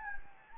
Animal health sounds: mosquito wingbeat signal from an infrared sensor; Anopheles gambiae

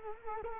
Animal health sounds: mosquito wingbeat signal from an infrared sensor; Culex quinquefasciatus

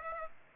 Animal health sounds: mosquito wingbeat signal from an infrared sensor; Aedes aegypti

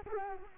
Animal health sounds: mosquito wingbeat signal from an infrared sensor; Culex quinquefasciatus

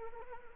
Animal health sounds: mosquito wingbeat signal from an infrared sensor; Anopheles arabiensis

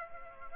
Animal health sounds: mosquito wingbeat signal from an infrared sensor; Aedes aegypti

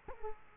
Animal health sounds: mosquito wingbeat signal from an infrared sensor; Culex quinquefasciatus

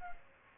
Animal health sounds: mosquito wingbeat signal from an infrared sensor; Aedes aegypti

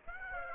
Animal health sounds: mosquito wingbeat signal from an infrared sensor; Aedes aegypti

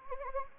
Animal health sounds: mosquito wingbeat signal from an infrared sensor; Anopheles gambiae

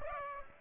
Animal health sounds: mosquito wingbeat signal from an infrared sensor; Aedes aegypti

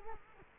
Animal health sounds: mosquito wingbeat signal from an infrared sensor; Culex quinquefasciatus

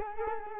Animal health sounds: mosquito wingbeat signal from an infrared sensor; Culex quinquefasciatus

